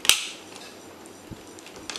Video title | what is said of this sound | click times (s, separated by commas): laptop screen replacement hp250 g4 | can shove it underneath there and you can pull, and you'll hear some clicking going all around until | 0.1 s, 1.9 s